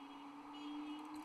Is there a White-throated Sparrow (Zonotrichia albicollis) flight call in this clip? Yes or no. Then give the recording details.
no. No flight call is heard. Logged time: 06:02 on 30 November 2014